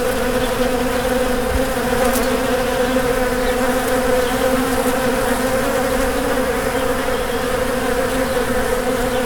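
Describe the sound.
Bees give a continuous droning buzz, layered and even in loudness from start to finish, with harmonics stacked above the main hum.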